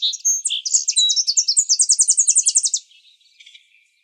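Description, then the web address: Tennessee Warbler song: varied high notes leading into a long, steady, fast series of sharp chips that stops abruptly, followed by soft faint notes. From the Arizona Field Ornithologists sound library; dated 050107. "Sound Library Vermivora Parula Dendroica AZFO TEWA deviche 050107"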